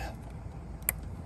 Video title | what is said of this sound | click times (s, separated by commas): DIY 2009 2010 2011 2012 2013 2014 2015 Honda Pilot or Odyssey Replacing Spark Plugs | one click here we go got the connector loose now | 0.9 s